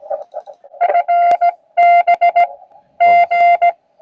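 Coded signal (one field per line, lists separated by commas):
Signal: Morse code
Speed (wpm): 17 wpm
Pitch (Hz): 700 Hz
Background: none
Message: FB G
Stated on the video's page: QRP CW DX on 20 meters during a park activation on the coast of Sydney, Australia.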